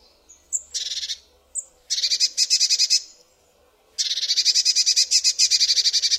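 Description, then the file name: Eurasian blue tit giving a few very high thin notes followed by repeated harsh, buzzy churring rattles in several bursts. "MODRASZKA"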